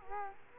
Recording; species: mosquito wingbeat signal from an infrared sensor; Culex quinquefasciatus